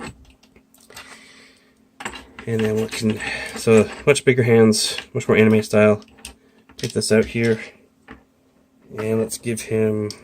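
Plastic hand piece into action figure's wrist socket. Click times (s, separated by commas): 0.7 s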